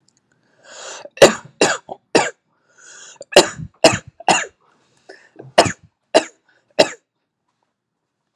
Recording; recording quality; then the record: heavy voluntary cough; excellent, no background noise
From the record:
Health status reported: healthy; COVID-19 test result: negative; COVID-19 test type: RT-PCR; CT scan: not taken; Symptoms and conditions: sore throat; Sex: male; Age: 32 years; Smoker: no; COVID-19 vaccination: both doses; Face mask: not worn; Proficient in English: yes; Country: United States